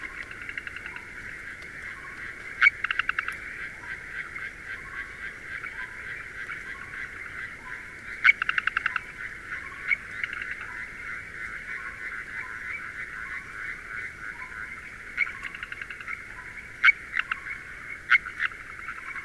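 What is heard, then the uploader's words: Frogs call without pause in the Garo Hills, Himalayas, a dense, steady trill in a high band that never lets up. Short, regular chirps repeat underneath about once a second, and sharper bursts of clicking stand out near 3, 8.5 and 17 seconds. Garo Hills Frogs, Himalayas - If We Vanish. The Garo Hills are the youngest part of the Himalayas.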